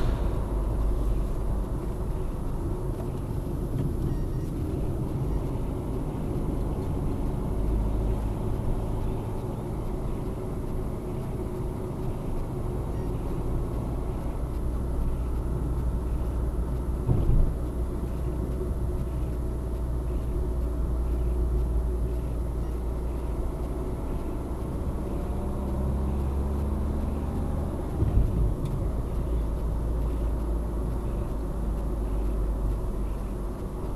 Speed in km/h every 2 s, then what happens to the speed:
54, 45, 38, 40, 35, 39, 42, 44, 44, 45, 44, 45, 49, 55, 58, 55, 57.
0-7 slows to 35. 13-22 steady at about 44. 22-27 speeds up to 58. 27-34 steady at about 57.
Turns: 0-7.